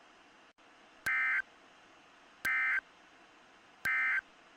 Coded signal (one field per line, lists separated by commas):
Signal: Emergency Alert System (SAME) tones